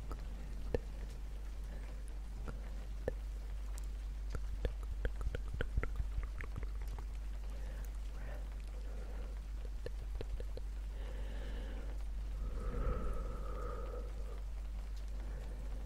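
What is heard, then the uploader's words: Rain patters steadily against a muffled mic while sharp clicks and taps of camera handling cluster mid-clip, over a constant low rumble. ASMR dark lofi camera setup in the rain - fluffy mic sounds, tktk, sksk and more.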